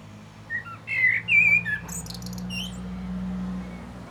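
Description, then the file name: Common blackbird: a soft note, then a brief fluty warbled phrase that breaks into high, scratchy twittering notes; a low hum runs underneath. "Turdus merula"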